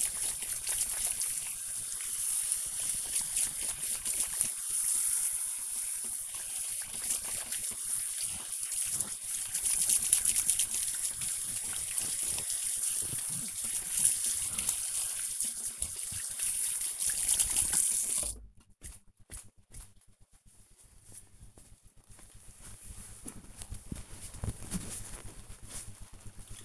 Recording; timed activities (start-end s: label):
household activities, microphone on the right wrist
0.00-20.07 s: washing hands